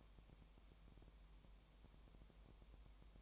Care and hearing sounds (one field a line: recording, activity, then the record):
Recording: daily activity, microphone in the room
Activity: no activity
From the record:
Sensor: 1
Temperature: 19.4 degrees Celsius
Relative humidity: 35.7%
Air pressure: 1003.3 hPa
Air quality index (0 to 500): 113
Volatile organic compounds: 2 ppm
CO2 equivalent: 1260 ppm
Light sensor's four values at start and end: 1/2/1/1 and 1/2/1/1